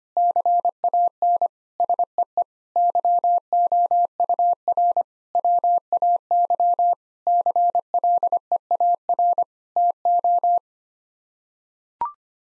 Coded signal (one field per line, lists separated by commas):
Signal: Morse code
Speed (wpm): 25 wpm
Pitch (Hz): 700 Hz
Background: none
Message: CAN SEE YOUR WAY CLEAR TO